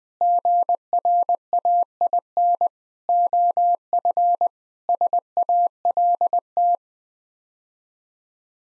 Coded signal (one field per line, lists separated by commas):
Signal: Morse code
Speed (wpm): 20 wpm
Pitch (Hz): 700 Hz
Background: none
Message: GRAIN OF SALT